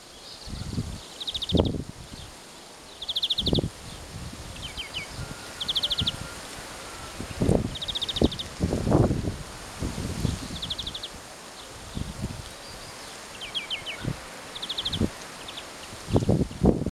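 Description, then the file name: European greenfinch calls, short buzzy trilled bursts repeated every second or two, with loud low thumps and rumbles throughout. "Chloris chloris"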